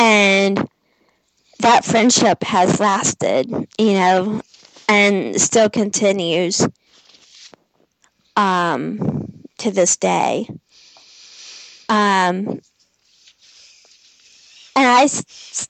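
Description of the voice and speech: Adult man's speech with long silent blocks, drawn-out 'm' and 's' sounds and a part-word repeat, typical of stuttering present since age 3 to 4, in a speaker who had other speech impediments in early childhood and received speech therapy through school.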